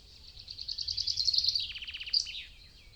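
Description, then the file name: Birds (mixed species): birdsong: a high, rapid warble running into a brief series of clicking notes, then a sharp high note. European wetland dawn chorus, stereo binaural recording. "Nature European-Wetland Dawn-Chorus"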